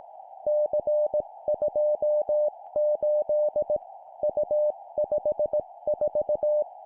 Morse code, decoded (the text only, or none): C28 U54